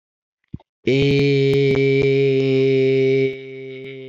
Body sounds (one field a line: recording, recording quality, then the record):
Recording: sustained vowel as in made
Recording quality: excellent, no background noise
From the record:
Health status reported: COVID-19 positive, moderate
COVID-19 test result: positive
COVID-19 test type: RT-PCR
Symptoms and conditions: cough, cold, sore throat, fever, fatigue, muscle pain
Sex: male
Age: 25 years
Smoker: no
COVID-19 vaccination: both doses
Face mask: not worn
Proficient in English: yes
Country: India